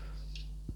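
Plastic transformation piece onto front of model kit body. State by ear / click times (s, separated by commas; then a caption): seated / 0.4 s. During the transformation of an MG Wing Gundam Zero Ver Ka plastic model kit, a plastic piece is fitted onto the front of the kit's body. A short, bright click at 0.4 s marks the piece clipping into place, followed by a low thump near 0.7 s.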